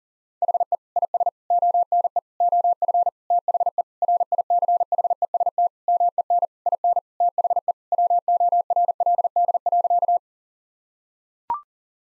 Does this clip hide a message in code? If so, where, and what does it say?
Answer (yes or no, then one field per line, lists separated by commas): yes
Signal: Morse code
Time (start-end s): 0.4-10.2 s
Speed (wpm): 40 wpm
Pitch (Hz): 700 Hz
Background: none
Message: HE IS ONE OF THE RICHEST MEN IN THE WORLD.